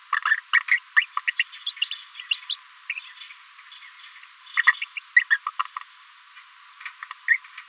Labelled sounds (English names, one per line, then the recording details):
Green-rumped Parrotlet babbling
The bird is a female
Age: 30 days
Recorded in a nest box in Venezuela
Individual 17B73B2